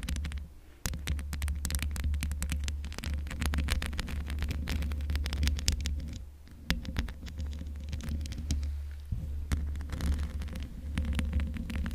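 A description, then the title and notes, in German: Dense scratching and rubbing on a microphone, a rapid stream of crackles and sharp clicks over a heavy, steady low rumble. The handling noise pauses briefly near the start and again around six and nine seconds, then resumes just as busily. Mic Scratching ohne Popschutz.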